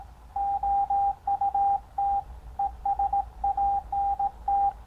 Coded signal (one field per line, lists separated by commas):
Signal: Morse code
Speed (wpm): 18 wpm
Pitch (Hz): 800 Hz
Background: radio noise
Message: OUT ESANT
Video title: Ham Radio. Low Cost. CW. Morse Code Decoder.